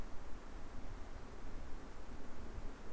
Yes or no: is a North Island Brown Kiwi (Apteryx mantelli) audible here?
no